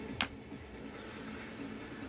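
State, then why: Seated. A Gamo Whisper break-barrel pellet rifle's barrel is swung closed after cocking, and at 0.2 s the breech latch catches with a single sharp click. The barrel locks shut, followed by a quiet low hum.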